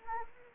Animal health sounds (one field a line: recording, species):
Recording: mosquito wingbeat signal from an infrared sensor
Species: Anopheles arabiensis